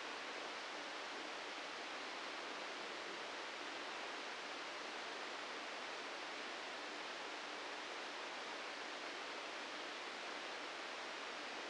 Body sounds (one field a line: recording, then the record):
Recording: brain microelectrode recording played as sound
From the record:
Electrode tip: outside the subthalamic nucleus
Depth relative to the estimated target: 2 mm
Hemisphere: right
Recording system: NeuroSet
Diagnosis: Parkinson's disease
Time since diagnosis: 9 years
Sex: male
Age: 61 years